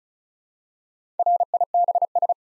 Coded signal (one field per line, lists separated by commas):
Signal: Morse code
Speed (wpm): 36 wpm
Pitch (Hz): 700 Hz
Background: none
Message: RIBS